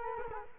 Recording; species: mosquito wingbeat signal from an infrared sensor; Culex quinquefasciatus